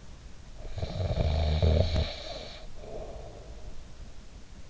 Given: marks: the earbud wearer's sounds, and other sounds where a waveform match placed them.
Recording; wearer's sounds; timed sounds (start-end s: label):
sounds in sleep by an in-ear microphone; snoring breath
0.58-3.73 s: snoring breath